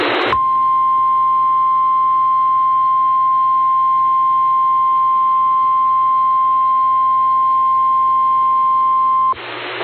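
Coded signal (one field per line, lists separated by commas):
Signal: Emergency Alert System (SAME) tones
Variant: 1050 Hz attention tone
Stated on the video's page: Evacuation Immediate alert relayed by an AM radio station.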